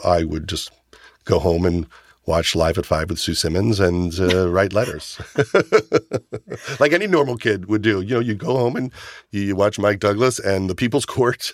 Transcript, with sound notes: so I would just go home and watch "Live At Five" with Sue Simmons and write letters.
(LAUGHTER)
Like any normal kid would do. You know, you go home and you watch Mike Douglas and "The People's Court."